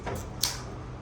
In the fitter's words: there we go three little snaps on there and it's clicked on there